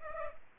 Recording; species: mosquito wingbeat signal from an infrared sensor; Culex pipiens